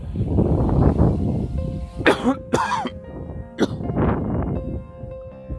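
Adult man with a coughing fit from allergies, the coughs coming on in full force.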